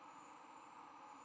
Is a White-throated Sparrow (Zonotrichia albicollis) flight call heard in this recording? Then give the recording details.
no. No flight call is heard. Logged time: 09:08 on 10 November 2014